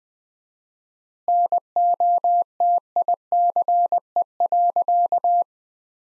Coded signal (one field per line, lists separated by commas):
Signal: Morse code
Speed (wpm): 20 wpm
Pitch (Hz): 700 Hz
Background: none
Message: NOTICE.